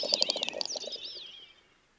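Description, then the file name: Great snipe call: quick clicking, bubbling notes followed by a high, wavering whistled sweep that trails off into quiet. Recorded in Russia. "Pticy Rossii - Dupel Gallinago media"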